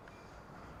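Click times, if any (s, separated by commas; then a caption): none. A wheelchair tie-down strap tongue is being handled toward the floor restraint buckle on the second, other-side rear restraint in a VW Caddy wheelchair-accessible vehicle. A steady low rumble fills the clip, with a faint tick near 0.1 s and a sharp brief hit at 0.8 s right at the end. The tongue is not home yet, and nothing has seated or clicked.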